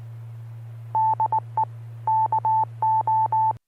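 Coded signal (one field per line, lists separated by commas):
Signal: Morse code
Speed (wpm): 19 wpm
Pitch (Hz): 880 Hz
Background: none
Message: DE KO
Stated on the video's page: Heard during a Friday night amateur radio net on a 2m FM repeater with a 114.8 Hz PL tone, live-streamed.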